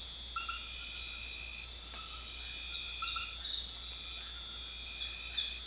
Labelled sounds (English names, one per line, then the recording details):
none
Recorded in secondary vegetation near Puerto Asís, Putumayo, Colombia, on 9 March 2025 at 23:00
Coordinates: 0.499, -76.323
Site G094